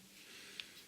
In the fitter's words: we have it it locks into place nicely which